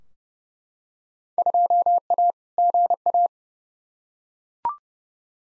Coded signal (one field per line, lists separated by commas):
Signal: Morse code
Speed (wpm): 30 wpm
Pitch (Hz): 700 Hz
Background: none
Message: 2A GA